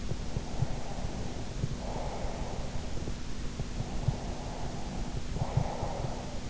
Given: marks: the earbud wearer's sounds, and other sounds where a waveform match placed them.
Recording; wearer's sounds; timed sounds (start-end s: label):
sounds in sleep by an in-ear microphone; breath
0.42-2.77 s: breath
3.81-6.32 s: breath